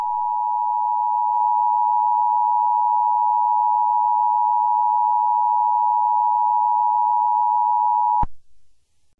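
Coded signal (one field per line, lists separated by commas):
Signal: Emergency Alert System (SAME) tones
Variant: 853 and 960 Hz attention tone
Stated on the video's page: Fictional EAS scenario about a long valley verneshot event.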